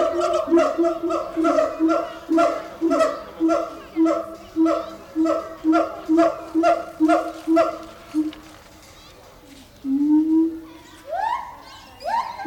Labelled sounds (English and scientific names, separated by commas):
Siamang (Symphalangus syndactylus) call